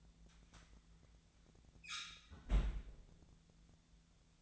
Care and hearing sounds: daily activity, microphone in the room; close fridge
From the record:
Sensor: 3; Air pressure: 1009.7 hPa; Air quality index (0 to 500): 193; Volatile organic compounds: 15 ppm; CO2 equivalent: 2505 ppm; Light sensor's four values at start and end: 38/94/40/43 and 38/94/40/43

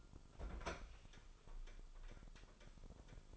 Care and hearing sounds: daily activity, microphone in the room; open fridge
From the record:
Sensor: 5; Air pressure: 988.5 hPa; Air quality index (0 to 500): 218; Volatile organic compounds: 121 ppm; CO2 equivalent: 3880 ppm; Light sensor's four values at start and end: 43/131/51/54 and 43/130/51/55

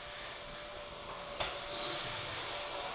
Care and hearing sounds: daily activity, microphone in the room; vacuum cleaning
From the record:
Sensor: 5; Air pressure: 1012.0 hPa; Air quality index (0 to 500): 247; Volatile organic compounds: 5 ppm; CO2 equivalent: 1706 ppm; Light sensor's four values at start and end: 36/84/34/35 and 36/84/34/35

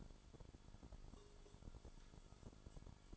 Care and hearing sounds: daily activity, microphone in the room; take from stove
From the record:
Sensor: 5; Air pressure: 1008.1 hPa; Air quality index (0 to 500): 113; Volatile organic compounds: 1 ppm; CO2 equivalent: 875 ppm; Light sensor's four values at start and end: 28/60/25/25 and 27/59/25/25

